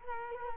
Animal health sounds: mosquito wingbeat signal from an infrared sensor; Culex quinquefasciatus

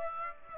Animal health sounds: mosquito wingbeat signal from an infrared sensor; Aedes aegypti

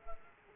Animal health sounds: mosquito wingbeat signal from an infrared sensor; Culex pipiens

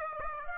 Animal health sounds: mosquito wingbeat signal from an infrared sensor; Aedes aegypti

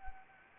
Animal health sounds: mosquito wingbeat signal from an infrared sensor; Anopheles arabiensis

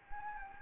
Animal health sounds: mosquito wingbeat signal from an infrared sensor; Anopheles gambiae

